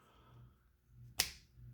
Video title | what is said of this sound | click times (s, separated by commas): Transformers Earthrise Voyager Starsrceam | snaps right in place just like that | 1.2 s